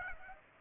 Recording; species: mosquito wingbeat signal from an infrared sensor; Aedes aegypti